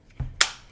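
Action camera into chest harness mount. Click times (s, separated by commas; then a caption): 0.4 s. An action camera in its frame is pushed into the buckle mount on a Wealpe chest harness. A faint tap and a low thump come first, then the camera snaps home with one sharp, bright click at 0.4 s. The camera is seated in the mount.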